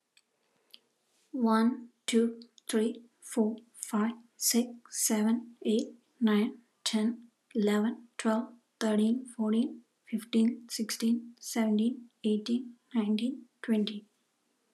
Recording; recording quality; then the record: counting at a normal pace; excellent, no background noise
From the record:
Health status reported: healthy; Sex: female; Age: 36 years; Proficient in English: yes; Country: United States